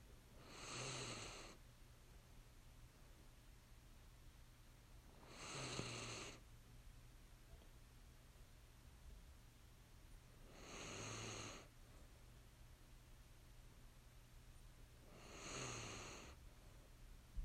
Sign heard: Small Dog Snoring.